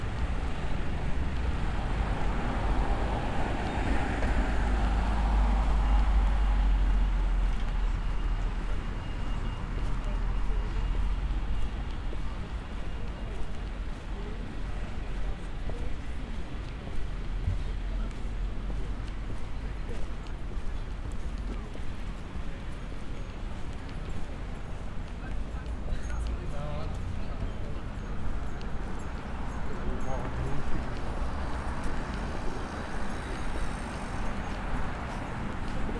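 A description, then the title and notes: Bustling crowds and chatter fill a steady, dense wash of voices, with a heavy low rumble early on and brief passing vehicle sounds. Binaural Roman City Walk | City of Bath. Walk through the historic city of Bath.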